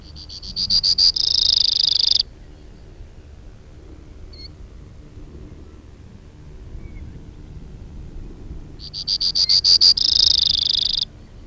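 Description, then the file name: Brewer's sparrow singing twice: each song is a run of quick high notes that speeds into a buzzy trill. The songs are separated by a long quiet pause. Recorded 2 June 2001. "2001-06-02 Brewers Sparrow"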